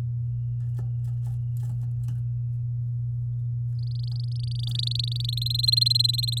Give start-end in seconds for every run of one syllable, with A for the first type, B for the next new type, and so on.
3.79-5.26 A, 5.29-6.39 B